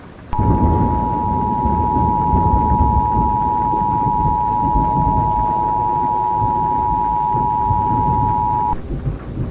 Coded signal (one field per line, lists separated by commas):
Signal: Emergency Alert System (SAME) tones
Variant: 853 and 960 Hz attention tone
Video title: INEVITABLE: [EAS TORNADO MOCK]